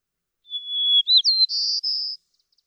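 White-crowned sparrow song: a long pure whistle, a quick slurred note, then buzzy trilled phrases ending abruptly.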